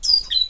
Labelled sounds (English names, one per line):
Stitchbird song